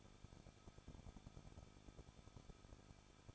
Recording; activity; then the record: daily activity, microphone in the room; no activity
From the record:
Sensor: 5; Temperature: 20.9 degrees Celsius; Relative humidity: 38.2%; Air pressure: 1006.4 hPa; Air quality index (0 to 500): 187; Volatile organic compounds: 18 ppm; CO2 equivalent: 2628 ppm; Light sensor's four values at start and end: 2/3/1/1 and 2/3/1/1